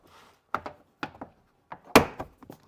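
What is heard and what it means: A plastic door trim piece is pulled off a car door panel, working from the speaker side, and its retaining clips pop free with sharp clicks at 0.6 s and 2.0 s, among several other knocks and snaps. The trim clips are released from the panel.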